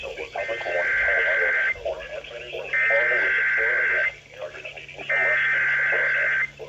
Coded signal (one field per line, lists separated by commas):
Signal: Emergency Alert System (SAME) tones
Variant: header bursts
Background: speech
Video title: INTRODUCING THE KAITO KA110! Weeklies and Monthlies of 3/20-22/23 (EAS 1747-1771)